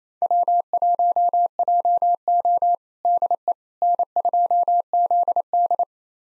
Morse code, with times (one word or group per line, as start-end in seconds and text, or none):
0.2-2.8 W1JO
3.0-3.5 DE
3.8-5.8 N2ZD